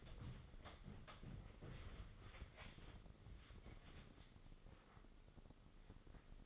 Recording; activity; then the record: daily activity, microphone in the room; wipe stove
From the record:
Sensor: 4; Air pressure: 996.8 hPa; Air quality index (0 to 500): 89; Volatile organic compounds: 5 ppm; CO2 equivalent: 1738 ppm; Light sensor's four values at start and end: 17/47/18/19 and 16/46/17/18